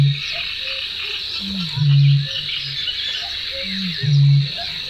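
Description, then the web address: Eurasian bittern giving two deep booms about two and a half seconds apart, each opened by a brief upward gulp, with a constant high-pitched insect drone behind. "Kurs materiały Przyroda Ptaki BĄK"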